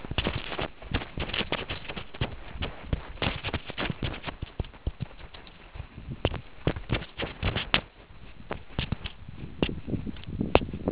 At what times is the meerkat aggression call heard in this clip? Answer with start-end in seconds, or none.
none